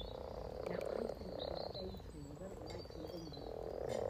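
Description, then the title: Frog chorus as a steady, continuous purring drone, with faint bird calls over the top. Spring chorus of about 20 frogs in a sunny garden pond on freshly laid spawn, welcoming arriving females; Freshfield, Formby, Merseyside, UK, sunny St Patrick's Day, 17 March 2023. "Frog Chorus Spring sounds first Lunch outside St Patrick’s day 17 March 2023 . Freshfield, Formby"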